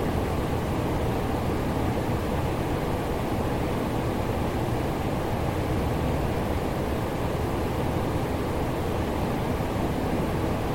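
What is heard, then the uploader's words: A blend of white noise and fan sound plays as a constant, dense rush with no breaks or events. The hiss sits mostly low and full, rolling off toward the top, with a faint steady hum near the middle, like a fan running. Natural White Noise Ambience. A blend of white noise and fan sounds creates a smoother, more comforting white noise ambience.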